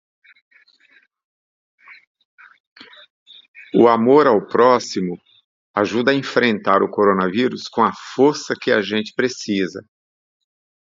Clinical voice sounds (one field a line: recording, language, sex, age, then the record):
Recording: spoken sentence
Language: Brazilian Portuguese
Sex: male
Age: 50 to 59 years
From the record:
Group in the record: control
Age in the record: 58 years